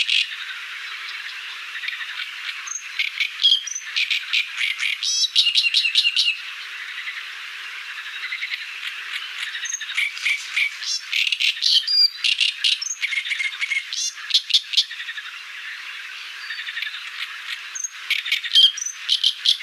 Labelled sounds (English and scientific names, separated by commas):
Great Reed Warbler (Acrocephalus arundinaceus) song